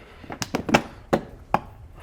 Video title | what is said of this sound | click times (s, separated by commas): How Useful Are These 3 Gadgets? A Chameleon Lamp? | all right the lid is snapped into place | 1.5 s